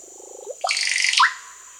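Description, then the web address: Russet-backed Oropendola song: a low bubbling gurgle, then a harsh rushing burst and a sharp rising liquid whistle, with a steady high hum behind. Peru; Amazon region. "Birds of the Amazon 3. Russet-backed Oropendola (Psarocolius angustifrons), Peru"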